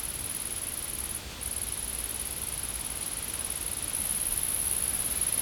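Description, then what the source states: Shrill insect buzzing, briefly cut off after one second, then continuing and growing louder toward the end. Insects in a field.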